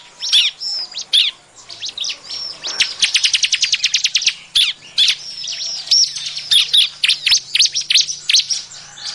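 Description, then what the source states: Bar-winged prinia calls: high chirps giving way to a rapid, regular series of sharp ticking notes, then more irregular chattering chirps. Lure call used to attract the bird; described as noisy, excited calling.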